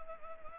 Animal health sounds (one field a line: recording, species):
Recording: mosquito wingbeat signal from an infrared sensor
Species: Anopheles gambiae